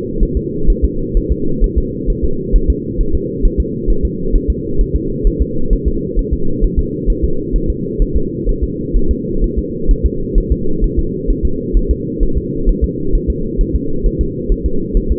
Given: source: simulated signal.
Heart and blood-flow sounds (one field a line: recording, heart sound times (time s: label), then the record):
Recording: fetal heart sounds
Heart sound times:
0.23 s: S1
0.37 s: S2
0.70 s: S1
0.85 s: S2
1.17 s: S1
1.32 s: S2
1.64 s: S1
1.78 s: S2
2.10 s: S1
2.25 s: S2
2.56 s: S1
2.70 s: S2
3.01 s: S1
3.15 s: S2
3.45 s: S1
3.60 s: S2
3.90 s: S1
4.05 s: S2
4.35 s: S1
4.50 s: S2
4.81 s: S1
4.96 s: S2
5.27 s: S1
5.42 s: S2
5.73 s: S1
5.88 s: S2
6.19 s: S1
6.33 s: S2
6.64 s: S1
6.79 s: S2
7.10 s: S1
7.25 s: S2
7.56 s: S1
7.70 s: S2
8.02 s: S1
8.17 s: S2
8.49 s: S1
8.64 s: S2
8.96 s: S1
9.11 s: S2
9.44 s: S1
9.59 s: S2
9.91 s: S1
10.06 s: S2
10.38 s: S1
10.52 s: S2
10.84 s: S1
10.99 s: S2
11.30 s: S1
11.45 s: S2
11.77 s: S1
11.91 s: S2
12.23 s: S1
12.38 s: S2
12.69 s: S1
12.84 s: S2
13.15 s: S1
13.30 s: S2
13.61 s: S1
13.76 s: S2
14.06 s: S1
14.21 s: S2
14.52 s: S1
14.66 s: S2
14.97 s: S1
15.12 s: S2
From the record:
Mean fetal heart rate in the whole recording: 130 bpm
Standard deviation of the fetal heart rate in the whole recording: 2 bpm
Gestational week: 38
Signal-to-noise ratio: -8.1 dB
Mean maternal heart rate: 72 bpm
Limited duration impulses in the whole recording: absent